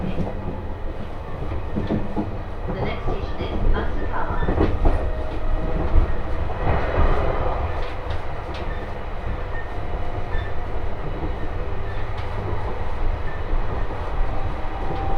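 A train ride on the Tohoku Main Line: a steady, dense rumble of wheels and car body fills the whole stretch, strongest in the low end. Brief clanks and rattles break through around four to eight seconds, then the drone continues evenly.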